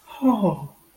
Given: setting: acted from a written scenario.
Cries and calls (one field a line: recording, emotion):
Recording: vocal sound without words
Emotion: awe